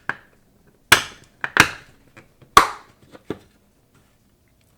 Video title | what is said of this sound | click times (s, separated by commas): GX-16 Connector - Enclosure - 3D Printed | should just snap right in and | 0.9 s, 2.6 s